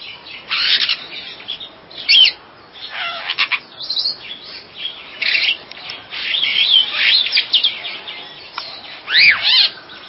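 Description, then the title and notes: Bird chirping in bright, harsh bursts with a few sharp rising and falling notes, scattered irregularly over a hissy background. "Bird Sound. Kicau Burung Lengkap"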